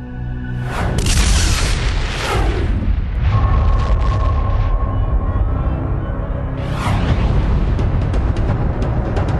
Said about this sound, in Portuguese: Usando binóculos, veria algo do outro lado do universo a 10 bilhões de anos-luz. Consegue imaginar que explosão foi essa?